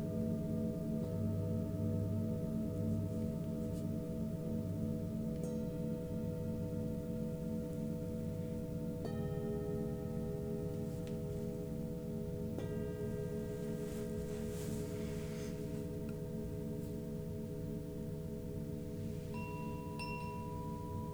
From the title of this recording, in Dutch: klankschalen